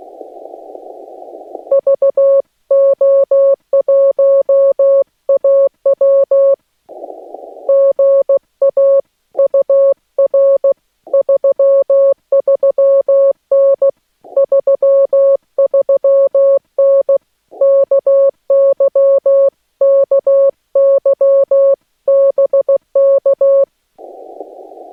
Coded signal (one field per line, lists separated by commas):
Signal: Morse code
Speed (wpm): 16 wpm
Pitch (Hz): 550 Hz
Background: none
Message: VO1AW GA UR 33N 33N KY KY BK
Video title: Morse Code from Mammoth Cave National Park